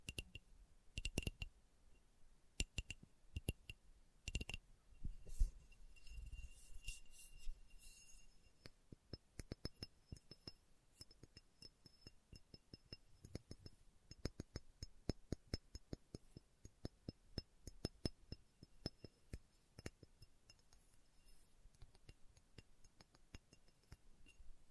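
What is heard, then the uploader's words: ASMR tapping: sharp, crisp taps on a hard surface with a glassy, clinking edge. The first eight seconds bring louder taps with a few low thuds and a faint ringing tone, then the taps turn lighter and come in quick, uneven clusters through to the end. ASMR Slow Tapping for Deep Sleep (No Talking).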